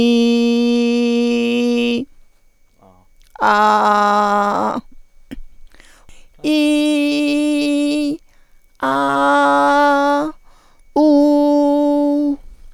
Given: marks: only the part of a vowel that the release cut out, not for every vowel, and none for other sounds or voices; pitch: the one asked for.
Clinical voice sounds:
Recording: sustained vowels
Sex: female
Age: 40 to 49 years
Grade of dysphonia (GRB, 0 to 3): 2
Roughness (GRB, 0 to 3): 2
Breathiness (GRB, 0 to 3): 1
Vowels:
0.00-1.75 s: vowel /i/, normal pitch
3.52-4.59 s: vowel /a/, normal pitch
6.58-7.92 s: vowel /i/, high pitch
8.91-10.07 s: vowel /a/, high pitch
11.05-12.23 s: vowel /u/, high pitch
From the record:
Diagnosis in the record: hyperfunctional dysphonia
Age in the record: 49 years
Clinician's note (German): Ponogen, Nebenbemerkung: Cortison-Spray bei allergischem Asthma

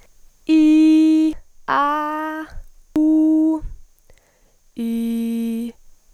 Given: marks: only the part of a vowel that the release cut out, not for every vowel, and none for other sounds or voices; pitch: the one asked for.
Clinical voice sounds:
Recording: sustained vowels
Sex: female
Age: 18 to 19 years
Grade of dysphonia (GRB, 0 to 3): 0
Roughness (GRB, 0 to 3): 0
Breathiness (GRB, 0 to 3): 0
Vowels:
0.61-1.25 s: vowel /i/, high pitch
1.79-2.39 s: vowel /a/, high pitch
2.99-3.53 s: vowel /u/, high pitch
4.85-5.62 s: vowel /i/, low pitch
From the record:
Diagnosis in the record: healthy voice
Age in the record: 19 years

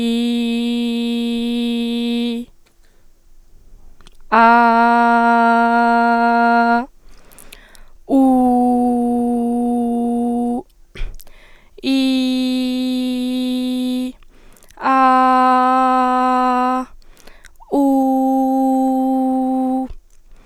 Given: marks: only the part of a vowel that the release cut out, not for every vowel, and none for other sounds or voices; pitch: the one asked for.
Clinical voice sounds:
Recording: sustained vowels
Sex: female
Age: 18 to 19 years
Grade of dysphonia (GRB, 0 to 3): 0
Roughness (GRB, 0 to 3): 0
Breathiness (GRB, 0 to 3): 0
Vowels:
0.00-1.30 s: vowel /i/, normal pitch
4.67-6.46 s: vowel /a/, normal pitch
8.58-10.44 s: vowel /u/, normal pitch
12.19-13.91 s: vowel /i/, high pitch
15.17-16.64 s: vowel /a/, high pitch
17.94-19.70 s: vowel /u/, high pitch
From the record:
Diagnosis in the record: healthy voice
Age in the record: 19 years

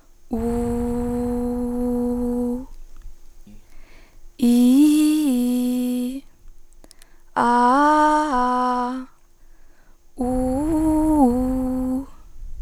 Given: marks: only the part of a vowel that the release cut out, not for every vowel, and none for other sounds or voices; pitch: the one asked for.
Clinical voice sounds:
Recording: sustained vowels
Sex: female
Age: 20 to 29 years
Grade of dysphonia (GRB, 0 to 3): 0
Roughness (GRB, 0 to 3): 0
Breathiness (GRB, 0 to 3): 0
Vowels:
0.46-2.36 s: vowel /u/, low pitch
4.52-5.90 s: vowel /i/, low-high-low pitch
7.47-8.81 s: vowel /a/, low-high-low pitch
10.26-11.80 s: vowel /u/, low-high-low pitch
From the record:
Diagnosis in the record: healthy voice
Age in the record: 20 years

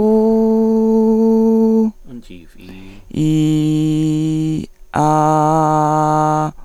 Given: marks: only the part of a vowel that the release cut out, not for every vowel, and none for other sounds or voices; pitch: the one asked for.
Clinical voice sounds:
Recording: sustained vowels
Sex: female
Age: 50 to 59 years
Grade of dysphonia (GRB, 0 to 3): 2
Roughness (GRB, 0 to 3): 1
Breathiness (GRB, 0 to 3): 1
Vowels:
0.21-1.68 s: vowel /u/, high pitch
3.30-4.47 s: vowel /i/, low pitch
5.08-6.36 s: vowel /a/, low pitch
From the record:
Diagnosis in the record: hyperfunctional dysphonia, dysodia (singing voice disorder)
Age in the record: 53 years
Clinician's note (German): Hyperfunktionelle Dysphonie + Dysodie

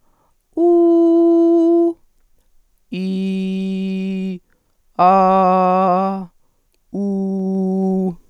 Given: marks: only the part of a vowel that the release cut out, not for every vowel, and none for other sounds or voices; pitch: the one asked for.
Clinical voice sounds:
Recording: sustained vowels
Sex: female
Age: 50 to 59 years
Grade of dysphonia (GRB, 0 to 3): 0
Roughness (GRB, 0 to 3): 0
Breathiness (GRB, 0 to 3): 0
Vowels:
0.73-1.82 s: vowel /u/, high pitch
3.05-4.21 s: vowel /i/, low pitch
5.13-6.01 s: vowel /a/, low pitch
7.06-8.01 s: vowel /u/, low pitch
From the record:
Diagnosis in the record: recurrent laryngeal nerve paralysis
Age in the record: 54 years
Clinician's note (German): Rechts, phonatorisch komplett kompensiert

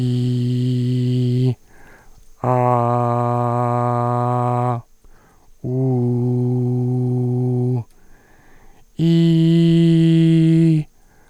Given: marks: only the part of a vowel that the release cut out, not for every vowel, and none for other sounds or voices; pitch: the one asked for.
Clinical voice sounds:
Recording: sustained vowels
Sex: male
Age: 30 to 39 years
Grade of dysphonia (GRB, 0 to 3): 2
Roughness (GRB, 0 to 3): 2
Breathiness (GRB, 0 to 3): 1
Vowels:
0.00-1.41 s: vowel /i/, normal pitch
2.80-4.67 s: vowel /a/, normal pitch
6.27-7.72 s: vowel /u/, normal pitch
9.17-10.69 s: vowel /i/, high pitch
From the record:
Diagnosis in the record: recurrent laryngeal nerve paralysis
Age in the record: 32 years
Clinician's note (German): Idiopatisch; mit inkompletter Kompensation

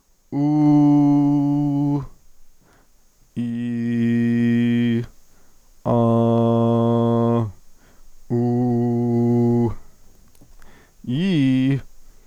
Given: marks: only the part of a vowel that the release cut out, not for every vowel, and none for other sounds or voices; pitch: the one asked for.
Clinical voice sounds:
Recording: sustained vowels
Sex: male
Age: 20 to 29 years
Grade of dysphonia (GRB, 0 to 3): 0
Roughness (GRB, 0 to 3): 0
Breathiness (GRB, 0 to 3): 0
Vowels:
0.52-1.90 s: vowel /u/, high pitch
3.49-4.90 s: vowel /i/, low pitch
6.02-7.33 s: vowel /a/, low pitch
8.41-9.60 s: vowel /u/, low pitch
11.14-11.76 s: vowel /i/, low-high-low pitch
From the record:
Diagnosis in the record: healthy voice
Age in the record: 24 years

